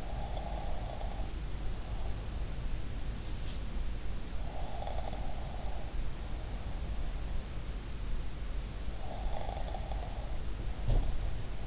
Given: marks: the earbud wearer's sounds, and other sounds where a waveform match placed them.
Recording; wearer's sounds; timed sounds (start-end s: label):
sounds in sleep by an in-ear microphone; snoring breath
0.00-2.19 s: snoring breath
4.55-7.40 s: snoring breath
8.95-11.67 s: snoring breath